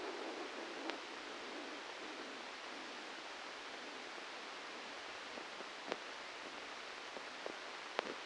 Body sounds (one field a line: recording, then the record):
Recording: brain microelectrode recording played as sound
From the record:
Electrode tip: inside the subthalamic nucleus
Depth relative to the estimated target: 1 mm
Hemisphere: left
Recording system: NeuroSet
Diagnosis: Parkinson's disease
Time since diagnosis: 13 years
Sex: male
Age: 63 years